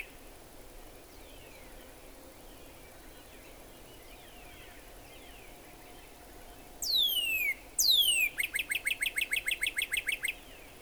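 Northern cardinal song: after quiet background, two long clear whistles sliding steeply downward, then a fast run of many short repeated notes, each clipped and evenly spaced.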